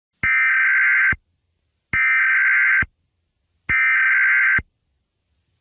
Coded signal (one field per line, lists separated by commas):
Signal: Emergency Alert System (SAME) tones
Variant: header bursts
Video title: EAS Scenario #9.5: Caillou Error